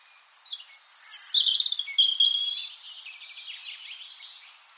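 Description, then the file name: European robin giving a high warbling phrase of sharp whistles and fast trills that fades into faint twittering. "Erithacus rubecula"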